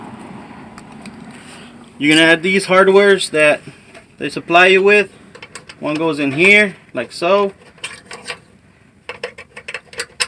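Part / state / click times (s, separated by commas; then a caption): supplied hardware clip into running board mounting bracket / not seated / none. Supplied clip-nut mounting hardware for OEDRO SHIELD Series running boards is being handled at a running-board mounting bracket on a 2014 Chevy Silverado, with the clip nuts meant for the top and bottom holes. Someone talks while small metallic taps and handling clicks sound, including sharper hits near 7.9 s and 10.2 s. Nothing has clicked into place or seated yet.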